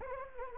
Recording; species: mosquito wingbeat signal from an infrared sensor; Anopheles arabiensis